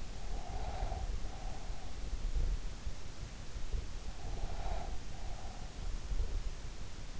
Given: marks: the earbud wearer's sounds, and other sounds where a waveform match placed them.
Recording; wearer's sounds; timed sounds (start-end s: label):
sounds in sleep by an in-ear microphone; breath
0.00-2.45 s: breath
3.77-6.00 s: breath